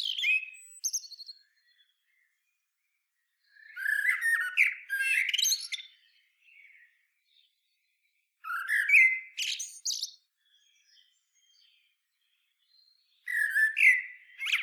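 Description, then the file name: Common blackbird song: several separate phrases of fluty warbling and shrill twittering, spaced by pauses of a few seconds. "Turdus merula"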